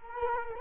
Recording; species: mosquito wingbeat signal from an infrared sensor; Culex quinquefasciatus